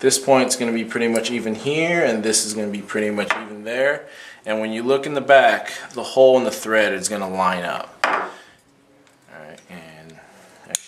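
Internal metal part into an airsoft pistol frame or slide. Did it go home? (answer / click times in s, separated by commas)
yes / 10.8 s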